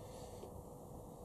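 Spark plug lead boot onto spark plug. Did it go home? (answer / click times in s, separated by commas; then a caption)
no / none. An 8 mm HT lead boot is being handled and pushed down onto the cylinder one spark plug of a Honda Civic B18C4 engine. Only a low, steady broadband rumble with faint scraping is heard, and there is no sharp transient. Nothing has seated or clicked yet.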